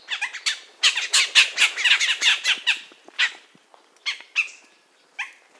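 Bird giving harsh, buzzy squawks in a rapid burst, then spaced single squawks over the last few seconds.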